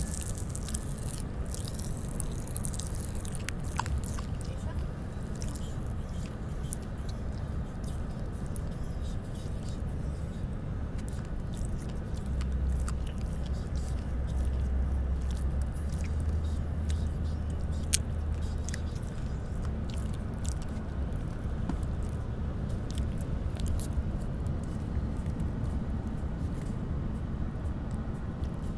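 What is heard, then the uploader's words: Someone eats pop rocks and candy, with a steady low rumble underneath throughout. Sharp little crackles and pops scatter irregularly across the whole half minute, mixed with soft chewing and crunching; a few louder snaps stand out around the middle. Eating pop rocks and random candy.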